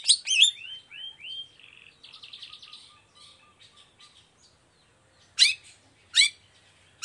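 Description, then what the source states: Long-tailed shrike song: opening rising whistles and slurred notes, then softer scratchy twittering, followed by two loud harsh notes. Cendet singing vigorously (gacor) in the morning with 'toet toet' variation, clear voice and full variation; said to be very easy for any cendet to imitate.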